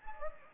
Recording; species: mosquito wingbeat signal from an infrared sensor; Anopheles gambiae